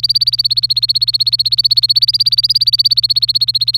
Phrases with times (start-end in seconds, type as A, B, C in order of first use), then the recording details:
0.00-3.77 A. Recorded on 26 April 2018 at 15:26. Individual llb3